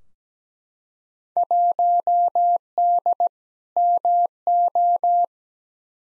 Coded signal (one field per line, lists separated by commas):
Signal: Morse code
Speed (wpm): 17 wpm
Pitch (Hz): 700 Hz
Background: none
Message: 1D MO